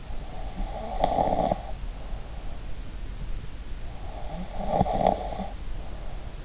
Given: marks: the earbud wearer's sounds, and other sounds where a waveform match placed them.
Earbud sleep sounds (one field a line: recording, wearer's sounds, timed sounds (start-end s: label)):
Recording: sounds in sleep by an in-ear microphone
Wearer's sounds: breath, snoring breath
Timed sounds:
0.37-2.72 s: breath
0.87-1.64 s: snoring breath
3.90-6.44 s: breath
4.40-5.45 s: snoring breath